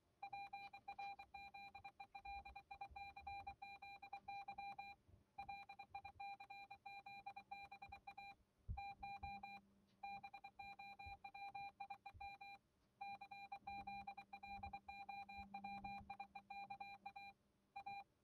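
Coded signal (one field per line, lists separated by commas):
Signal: Morse code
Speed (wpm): 23 wpm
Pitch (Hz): 2400 Hz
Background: music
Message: PRZELICZY LICZBA TO BOWIEM CZLOWIEKA A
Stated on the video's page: Morse produced by a Morse encoding program.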